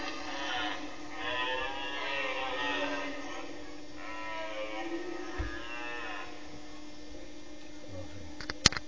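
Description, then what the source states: Red deer bellowing: a series of long, moaning, harmonic roars over several seconds, with a steady low hum underneath and clicks at the end. Bellowing during the rut.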